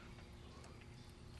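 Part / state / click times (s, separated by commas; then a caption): programmer cable OBD2 plug into vehicle diagnostic port / not seated / none. The plastic OBD2 plug with a locking tab, on the cable of an Edge Juice with Attitude CS programmer (#31000), is handled near the diagnostic port of a 1998–2000 Dodge 5.9L truck. Only a steady, even broadband hiss with a low rumble is heard, with no sharp hits. Nothing has seated or clicked yet.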